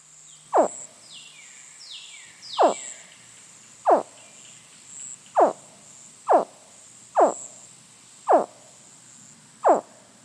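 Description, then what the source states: Baby American alligator calls: eight short, clear chirps sweeping sharply downward, spaced roughly every one to two seconds, with a few faint high swept tones near the start. Baby; played as a recording.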